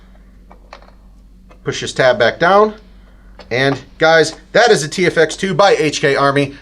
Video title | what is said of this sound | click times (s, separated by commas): HK Army TFX 2 Paintball Hopper - Best Paintball Loader - Lone Wolf Paintball Michigan | this is how the hopper goes back in you got to line up the front notch here and then it clicks back in don't forget to push | 0.7 s